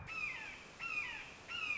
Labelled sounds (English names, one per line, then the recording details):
Red-shouldered Hawk
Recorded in Sonoma County, California